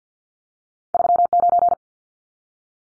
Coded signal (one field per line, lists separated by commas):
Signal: Morse code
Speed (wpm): 50 wpm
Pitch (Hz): 700 Hz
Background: none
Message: 39